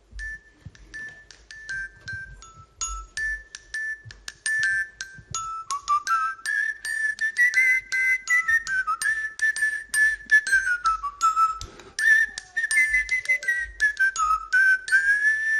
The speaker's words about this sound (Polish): To są dzwonki chromatyczne. Właściwie one nie są chromatyczne, tylko pentatoniczne.